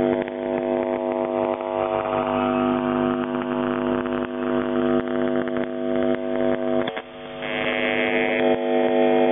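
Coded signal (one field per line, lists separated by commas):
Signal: channel marker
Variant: UVB-76 (The Buzzer)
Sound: steady rasping low buzz with harmonics, brief dropout near seven seconds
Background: radio static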